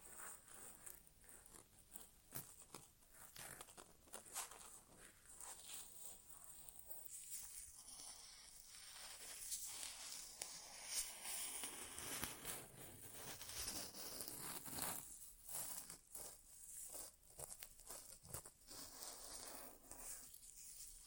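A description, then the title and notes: An ASMR inner ear exam with no talking: dense, bright scratching and rustling fill the whole stretch, broken by quick clicks and crackles at an irregular pace. The sound swells fuller around the middle, then thins toward the end while keeping its crackly texture. ASMR Inner Ear Exam (No Talking).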